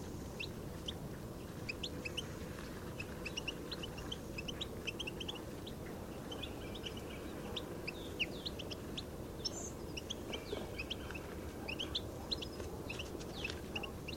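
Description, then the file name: European goldfinch calls: rapid, thin twittering notes strung continuously across the recording, fairly soft, with a persistent low background roar. "Carduelis carduelis"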